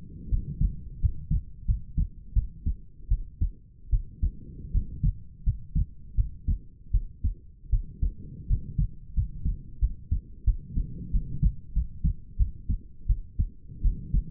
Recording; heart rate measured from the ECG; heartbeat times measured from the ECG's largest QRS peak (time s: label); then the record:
heart sounds by stethoscope; 84 bpm
0.29 s: heartbeat
1.00 s: heartbeat
1.66 s: heartbeat
2.33 s: heartbeat
3.08 s: heartbeat
3.90 s: heartbeat
4.71 s: heartbeat
5.44 s: heartbeat
6.15 s: heartbeat
6.91 s: heartbeat
7.70 s: heartbeat
8.47 s: heartbeat
9.14 s: heartbeat
9.79 s: heartbeat
10.45 s: heartbeat
11.11 s: heartbeat
11.73 s: heartbeat
12.37 s: heartbeat
13.07 s: heartbeat
13.82 s: heartbeat
From the record:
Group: healthy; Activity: rest 0-11 s, light exercise 11-14 s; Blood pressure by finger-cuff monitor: 101/67 mmHg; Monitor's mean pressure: 77 mmHg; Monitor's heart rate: 83 bpm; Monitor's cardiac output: 6.6 L/min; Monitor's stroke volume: 81 mL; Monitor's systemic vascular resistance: 830 dyn s/cm5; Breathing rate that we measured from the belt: 20 breaths a minute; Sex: female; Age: 19 years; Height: 163 cm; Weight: 48.9 kg